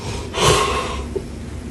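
An adult man snoring loudly in his sleep, sounding like a machine: a single loud, rough snorting breath in through the airway, followed by quieter breathing.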